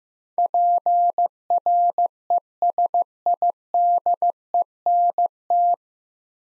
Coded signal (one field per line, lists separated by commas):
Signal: Morse code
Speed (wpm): 15 wpm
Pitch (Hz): 700 Hz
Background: none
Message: PRESIDENT